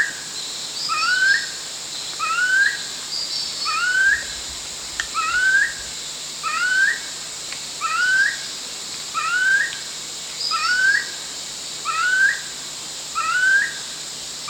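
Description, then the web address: Chestnut-collared kingfisher giving a steady series of rising whistled notes, each with a brief lead-in, repeated roughly every 1.3 seconds, over a steady high background hiss. Recorded at Danum on 1 January 2008. "DANUM 20080101. sound chestnut-collared kingfisher"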